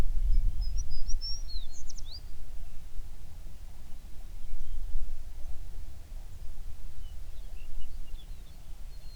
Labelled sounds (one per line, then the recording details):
songbird
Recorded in the Prudhoe Bay oil fields, Alaska, on 11 June 2019 at 05:17
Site 21